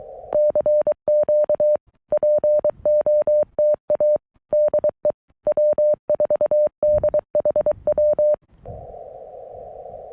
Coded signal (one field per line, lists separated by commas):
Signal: Morse code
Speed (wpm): 23 wpm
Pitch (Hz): 590 Hz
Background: none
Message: CQ POTA DE W4DHW